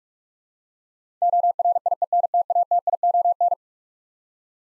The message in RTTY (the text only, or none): none